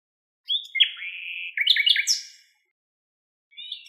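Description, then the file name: Common nightingale song, a long clear whistle dropping into a slurred note, then a burst of rapid repeated chips and a brief closing twitter. "Luscinia megarhynchos"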